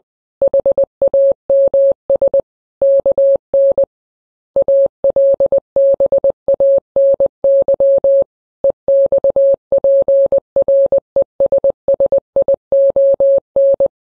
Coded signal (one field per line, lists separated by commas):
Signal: Morse code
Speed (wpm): 20 wpm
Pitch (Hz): 550 Hz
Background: none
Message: HAMS KN ALBANY EXPRESSION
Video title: The Simpsons Presents: Steamed Hams - Morse Code: Part 2